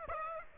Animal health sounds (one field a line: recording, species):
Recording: mosquito wingbeat signal from an infrared sensor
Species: Aedes aegypti